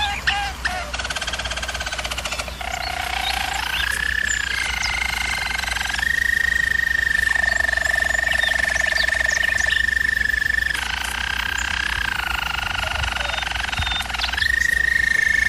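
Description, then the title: German Roller canary song: long, steady rolling trills that hold one pitch, then jump to a new level every few seconds, over a constant low hum. Canary training recording of a German Roller canary singing. "German Roller Canary Singing - Canary Training Vid"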